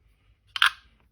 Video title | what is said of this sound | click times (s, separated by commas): 5 Best Cheap Earbuds To Buy On Amazon 2021 - Budget Cheap Earbuds Reviews (Top Picks) | quick and easy and just drop it in there it snaps into place | 0.6 s